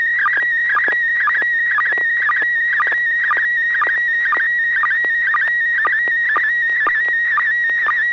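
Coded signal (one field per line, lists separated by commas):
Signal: SSTV (slow-scan television)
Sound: warbling tone near 1.9 kHz, interrupted by rhythmic low sync blips about twice a second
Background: low steady hum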